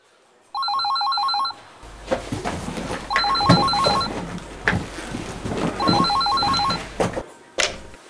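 A telephone rings three times, each ring a bright, rapidly warbling electronic trill, with steady hiss and crackle filling the gaps after the first ring.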